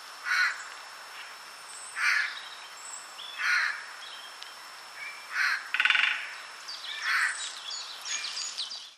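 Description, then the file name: Eurasian jay giving several harsh, rasping screeches at uneven intervals, with faint chirps of other birds in the background. "Garrulus glandarius"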